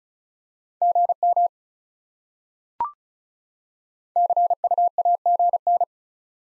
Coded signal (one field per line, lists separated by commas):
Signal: Morse code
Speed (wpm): 36 wpm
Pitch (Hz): 700 Hz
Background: none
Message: GM CUAGN